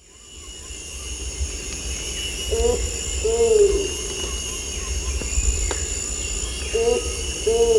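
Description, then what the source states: Bornean ground cuckoo calling with deep, arched hoots in two spaced pairs, set against constant buzzing insects and faint low rumble. Recorded at Danum.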